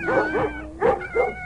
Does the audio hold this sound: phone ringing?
no